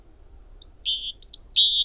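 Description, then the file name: Great tit song variant: uneven high whistled notes, some short and some drawn out, alternating between higher and lower pitches. "Parus major"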